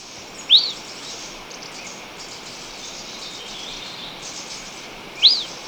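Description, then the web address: Sierran Elaenia calling twice, each a quick thin upslurred whistle, nearly five seconds apart, over steady background hiss. Ecuador. "Birds of Ecuador 2-54 Sierran Elaenia"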